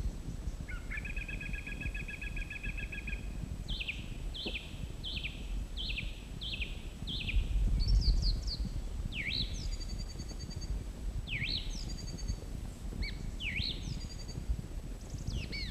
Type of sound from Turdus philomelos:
song